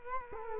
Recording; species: mosquito wingbeat signal from an infrared sensor; Culex quinquefasciatus